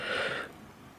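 A plastic wiring harness plug is handled at the back of a 7-inch double-DIN car stereo head unit, about to be pushed in until it clicks. A brief burst of broad, hissy rustling fills the first half-second, then fades to quiet low background noise. Nothing has seated or clicked yet.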